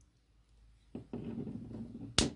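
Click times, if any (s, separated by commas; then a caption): 2.2 s. A plastic MC4 wrench tightens the cable gland nut on an MC4 connector, with softer turning and ratcheting sounds from about 0.9 s onward. It gives one sharp, bright click at 2.2 s, meaning the nut is as tight as it should be.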